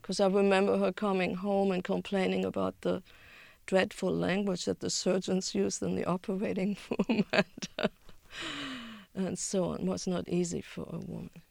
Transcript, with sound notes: Because I remember coming home and complaining about the dreadful language that the surgeons used in the operating room. (she laughs) And so it was not easy for a woman.